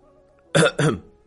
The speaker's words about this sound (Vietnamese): Từ Đường Nhân nhìn thấy chỉ ho khan một tiếng, dùng tay che bụng của mình